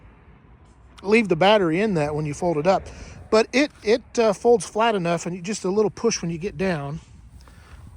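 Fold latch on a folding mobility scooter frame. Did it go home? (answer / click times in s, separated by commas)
no / none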